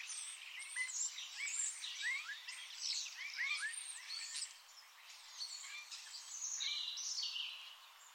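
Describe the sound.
Bird calls: clear rising and falling whistled slurs repeated in quick succession over a background chorus of high twittering.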